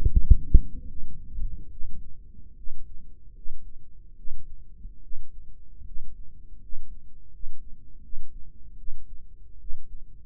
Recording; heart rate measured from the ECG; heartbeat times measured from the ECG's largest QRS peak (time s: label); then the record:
heart sounds by microphone in the right ear; 76 bpm
0.09 s: heartbeat
0.86 s: heartbeat
1.69 s: heartbeat
2.55 s: heartbeat
3.33 s: heartbeat
4.15 s: heartbeat
5.01 s: heartbeat
5.84 s: heartbeat
6.60 s: heartbeat
7.30 s: heartbeat
8.01 s: heartbeat
8.76 s: heartbeat
9.58 s: heartbeat
From the record:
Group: healthy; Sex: female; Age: 22 years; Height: 163 cm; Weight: 67.1 kg